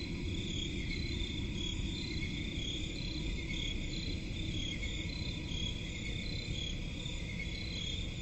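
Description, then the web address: Steady high cricket chirping in overlapping bands with gentle pulsing, above a constant low rumbling background. Crickets in a forest at night; presented as relaxing ambience. "Forest and crickets at night. صدای-آرامبخش-جنگل-و-جیرجیرک"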